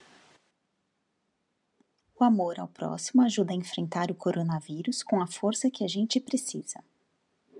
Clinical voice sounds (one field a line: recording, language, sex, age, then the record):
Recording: spoken sentence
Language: Brazilian Portuguese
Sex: female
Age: 40 to 49 years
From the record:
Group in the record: control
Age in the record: 48 years